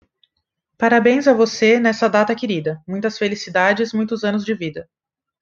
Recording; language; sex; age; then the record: short text; Brazilian Portuguese; female; 20 to 29 years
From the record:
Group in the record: control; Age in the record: 22 years